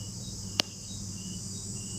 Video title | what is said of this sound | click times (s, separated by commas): วิธีถอดประกอบคันเร่งวีโก้มาล้าง | เข้าไปก็จะเข้าล็อคพอดีนะครับอย่างนี้เลย | 0.6 s